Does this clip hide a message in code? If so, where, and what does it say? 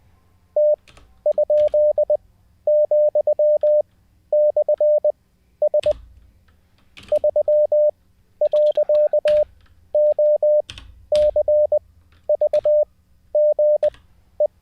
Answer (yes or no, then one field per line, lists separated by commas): yes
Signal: Morse code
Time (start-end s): 0.6-14.5 s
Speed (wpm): 20 wpm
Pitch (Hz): 600 Hz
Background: none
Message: T?,/S 3.OCVGE